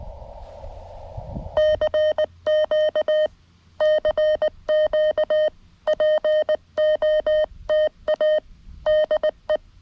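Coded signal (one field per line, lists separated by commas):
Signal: Morse code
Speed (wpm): 19 wpm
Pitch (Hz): 620 Hz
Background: none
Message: CQ CQ POTA DE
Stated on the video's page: QRP CW Parks on the Air activation from a state forest using a lightweight field kit, with hunters calling.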